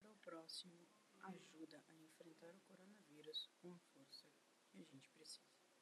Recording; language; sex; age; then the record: spoken sentence; Brazilian Portuguese; female; 30 to 39 years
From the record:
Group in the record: control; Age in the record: 38 years